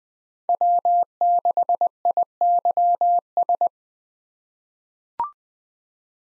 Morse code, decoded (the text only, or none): W6IYS